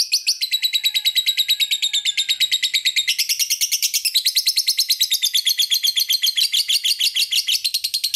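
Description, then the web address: Lovebird calling in a continuous run of quick, harsh, high-pitched chirps, the pitch stepping up and down. "love-bird suara-lovebird-kusumo"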